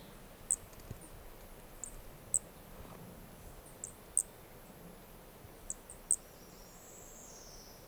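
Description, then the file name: Brachycephalus toadlet producing brief high-pitched notes every couple of seconds, with weaker similar notes and a faint whistle late on over ambient hiss. Two individuals (4 and 5) of an unidentified Brachycephalus species recorded at Corcovado; the first two notes of the call are missing. "Brachycephalus sp ind 4 ind 5 Corcovado two starting notes lost"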